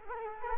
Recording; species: mosquito wingbeat signal from an infrared sensor; Culex quinquefasciatus